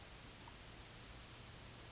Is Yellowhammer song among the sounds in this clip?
no